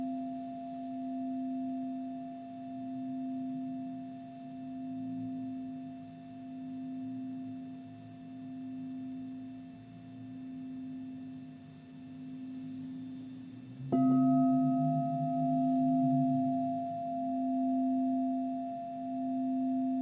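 Crystal and Tibetan bowls ring in a long, steady low tone that swells and fades in a slow, even pulse. Just before the fourteen-second mark a new bowl is struck, adding a brighter, higher ring and a louder wavering hum that continues to the end.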